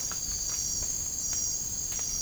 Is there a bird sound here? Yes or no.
no